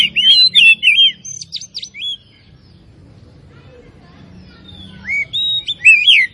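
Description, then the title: Oriental magpie-robin giving brief bursts of clear whistled and twittering notes, separated by roughly three seconds of quiet with a low hum. Labelled Tretes; described with the Indonesian bird-keeping term gacor, meaning singing actively. "Kacer Tretes Gacor"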